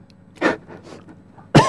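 Two short, harsh cough bursts about a second apart, deliberately produced on request by an adult over a phone line.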